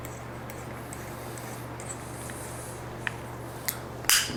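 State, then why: Torque reached. A torque wrench tightens the head screw of a PXG 0317 hybrid golf club's adjustable hosel after it has been set to standard. Over a quiet steady hum, sharp clicks sound at 3.1 s, 3.7 s and a louder one at 4.1 s, showing the wrench has reached its setting and the adjustment is done.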